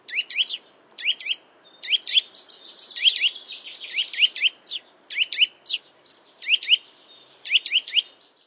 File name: brhlik lesni